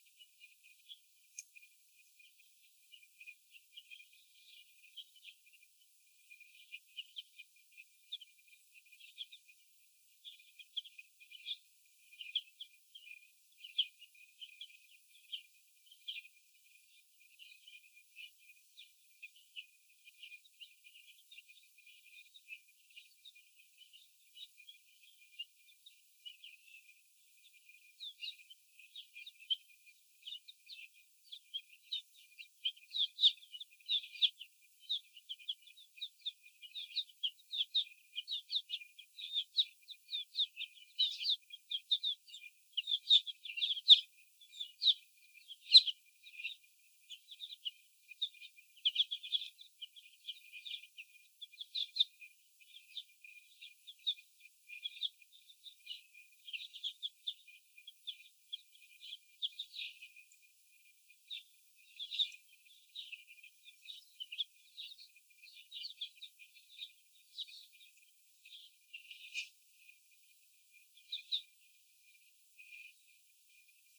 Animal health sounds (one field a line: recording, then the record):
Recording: young laying hens in a cage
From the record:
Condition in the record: before the stressor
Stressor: sudden umbrella opening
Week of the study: 2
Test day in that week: 1